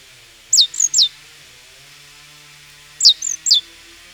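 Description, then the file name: Great tit calls: two clusters of three sharp, high notes that drop in pitch, the clusters about two and a half seconds apart, over a quiet background. "Parus major"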